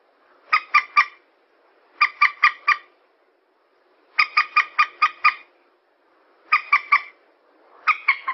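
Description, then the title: Yellow-vented bulbul calls, bubbly chortling phrases of three to six rapid notes, repeated. Bird lure recording. "PIKAT TRUCUKAN"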